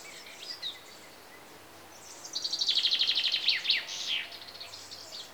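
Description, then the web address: Common chaffinch: faint high bird notes, then a common chaffinch bursts into a fast trill of repeated notes dropping in pitch and ending with a flourish. Chaffinches recorded in Greece. "BBC Sound Effects Library Greece Birds (Chaffinches) And Insects"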